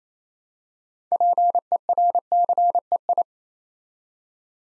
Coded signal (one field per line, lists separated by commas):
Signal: Morse code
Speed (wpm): 28 wpm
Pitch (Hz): 700 Hz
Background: none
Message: PERCEI